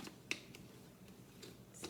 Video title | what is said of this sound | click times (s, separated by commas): What I Eat in a Day on 5&1 / Amazing Fueling Hack | lid on there nice and tight hear it snap | 0.3 s